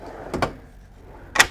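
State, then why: Seated. A solid wood pull-out pantry in the kitchen of a 2008 Winnebago Journey 39Z motorhome is pushed in until its locking mechanism engages. Two quick knocks sound around 0.3 and 0.4 seconds, then a quiet stretch before a sharp, bright click at 1.4 seconds as the pantry locks in place.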